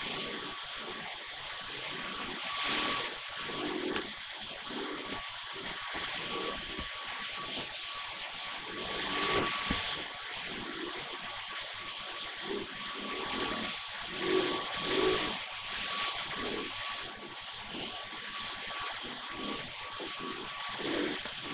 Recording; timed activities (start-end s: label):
household activities, microphone on the right wrist
0.00-21.54 s: vacuum cleaning